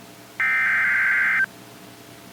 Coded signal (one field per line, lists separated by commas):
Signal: Emergency Alert System (SAME) tones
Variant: header bursts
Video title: Morning SMW | 5/17/2025 (EAS #1,318)